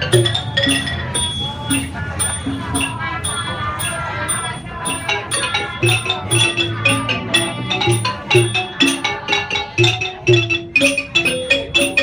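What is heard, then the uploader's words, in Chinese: Chanting to the Medicine Buddha at Xiamen's Shishi Chan temple: voices carry a steady, sustained line while sharp knocks keep an even beat, roughly two or three per second. Bright metallic ringing lingers over the chant, and the strikes grow more pronounced toward the end. 厦门石室禅院，药师如来。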